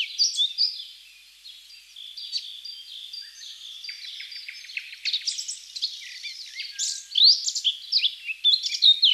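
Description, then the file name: Eurasian blackcap song, a continuous hurried stream of twittering, scratchy notes with louder bursts near the start and end. "Sylvia atricapilla"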